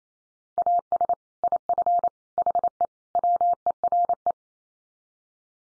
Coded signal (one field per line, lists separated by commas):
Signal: Morse code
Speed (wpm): 28 wpm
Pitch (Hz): 700 Hz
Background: none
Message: AS IF HE WERE